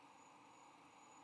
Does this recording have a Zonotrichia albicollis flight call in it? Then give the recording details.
no. No flight call is heard. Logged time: 09:19 on 22 November 2014